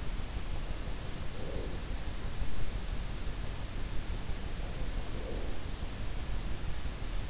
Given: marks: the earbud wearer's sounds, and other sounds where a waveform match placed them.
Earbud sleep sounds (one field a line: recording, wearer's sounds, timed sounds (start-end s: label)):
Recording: sounds in sleep by an in-ear microphone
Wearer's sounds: breath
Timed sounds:
1.00-2.19 s: breath
4.86-5.89 s: breath